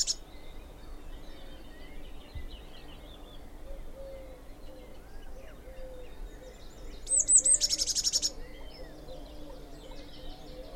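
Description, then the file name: Eurasian blue tit giving one call in the second half: high thin notes followed by a short buzzing trill. "Cyanistes caeruleus"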